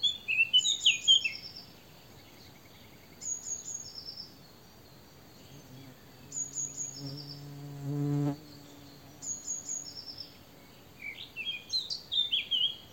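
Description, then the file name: Eurasian blackcap song in short warbled phrases at the start and end, with repeated thin high whistles between and a brief low droning hum midway. "Sylvia atricapilla"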